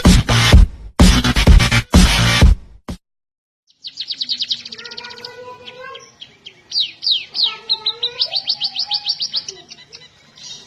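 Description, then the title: Red-throated parrotfinch calls follow about three seconds of loud thumping and rustling: rapid series of sharp, high chirps. "Erythrura Psittacea 9"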